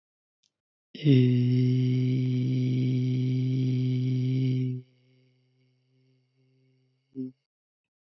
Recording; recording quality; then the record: sustained vowel as in beet; excellent, no background noise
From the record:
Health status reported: healthy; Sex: male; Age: 22 years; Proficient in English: yes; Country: Canada